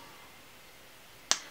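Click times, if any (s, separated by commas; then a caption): 1.3 s. A Gerard Cosmetics lip gloss applicator wand is pulled out of its tube through the plastic wiper stopper, which keeps too much product from coming out. After near-silence, a single sharp pop sounds at 1.3 seconds as the wand releases from the stopper.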